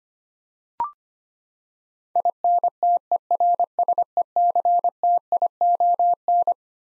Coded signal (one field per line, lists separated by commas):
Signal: Morse code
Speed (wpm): 25 wpm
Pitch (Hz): 700 Hz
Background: none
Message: INTERSECTION